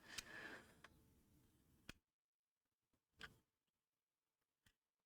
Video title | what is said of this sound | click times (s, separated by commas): [GBC] Installation mod IPS GameBoy Color FunnyPlaying 2.0 | hop, on réappuie dessus pour qu'il ressorte un petit peu, qu'il vienne bien se clipser. | 1.9 s